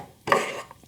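A small wooden cabinet door is set into a desk case so the little dowel pins on top of the door drop into holes drilled inside the case. A duller thud is followed by a short, sharp knock at 0.3 s as the door seats, then a faint tap near 0.7 s.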